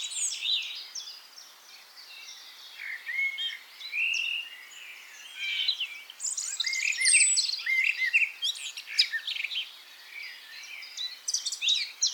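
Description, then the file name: Eurasian blackcap warbling song, a dense stream of rapid, scratchy and fluty notes rising and falling in bursts, swelling louder in the second half. "Sylvia atricapilla"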